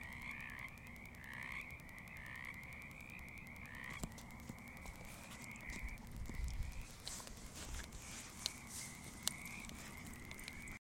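Pacific tree frog calls, rapidly repeated croaks in a continuous chorus, with occasional clicks.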